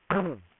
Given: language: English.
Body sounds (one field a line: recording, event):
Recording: throat vibration sensor signal played as sound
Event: throat clearing